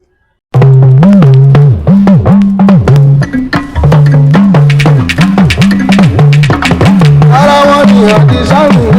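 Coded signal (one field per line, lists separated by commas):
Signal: talking drum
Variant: Yoruba dundun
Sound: low, pitch-bending drum strokes in speech-like rhythm, with sharp hand-percussion hits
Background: other percussion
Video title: FESEMULE TRANSLATES AYINLA OMOWURA’S INTRO BEAT | The Hidden Meaning Revealed! 🥁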